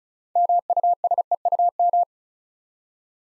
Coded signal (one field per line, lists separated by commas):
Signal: Morse code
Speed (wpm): 36 wpm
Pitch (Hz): 700 Hz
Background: none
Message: MUSEUM